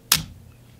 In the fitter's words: let me just show you here how they possibly snap into place